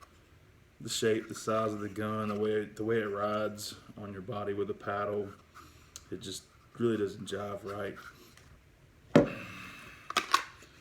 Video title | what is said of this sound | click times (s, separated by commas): Kydex Holsters | But you'll notice a real positive click. | 10.3 s